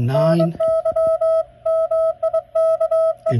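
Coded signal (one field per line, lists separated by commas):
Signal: Morse code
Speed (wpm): 22 wpm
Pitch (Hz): 650 Hz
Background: speech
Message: NY MIKE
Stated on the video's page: HF contacts on a Xiegu 6100 through an MFJ 9234 mini loop tuner with a twenty-foot wire wrapped around a living-room window, indoors in adverse conditions.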